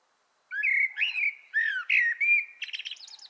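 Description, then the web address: Common blackbird singing a run of rich, rounded whistled notes that ends in a thin, rapid, high-pitched twitter. "pub SETE data Turdus merula"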